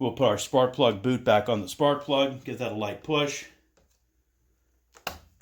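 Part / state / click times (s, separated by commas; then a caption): spark plug boot onto small engine spark plug / seated / 5.1 s. Someone talks, then a rubber spark plug boot is pushed with a light push onto the spark plug terminal of a small engine. After a short quiet pause, a sharp snap sounds at 5.1 s as the boot seats on the plug.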